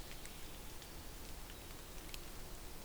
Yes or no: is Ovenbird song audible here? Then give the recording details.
no. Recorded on 2 June 2016 at 08:22. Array SBT-3-7